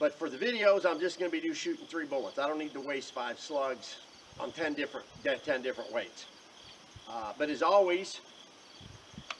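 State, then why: Seated. Someone talks while closing the cocking lever of a 457 Challenger air rifle, with a faint steady high-pitched hum behind the voice. A single sharp click at 9.3 s marks the lever locking up into the action, confirming it has seated. It needs to click fully, because otherwise the rifle double-feeds.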